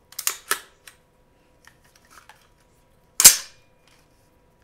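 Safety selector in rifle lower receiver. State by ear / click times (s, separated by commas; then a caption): seated / 3.2 s. A rifle's safety selector is rotated between positions in its lower receiver, and the metal detent snaps it into place so it does not stay in between. A few sharp clicks and faint ticks come in the first couple of seconds, then one loud, crisp snap at 3.2 s as the selector seats into position.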